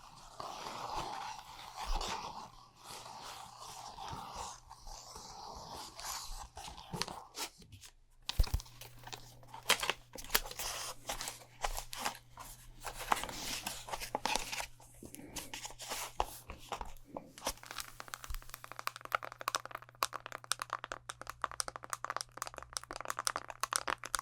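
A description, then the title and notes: Fast, aggressive ASMR makeup sounds: dense tapping, brushing and crinkly scratching layered over a steady low hum, sharp clicks near eight and seventeen seconds. ASMR Doing Your MINT Makeup (Fast & Aggressive Layered Sounds) NO TALKING.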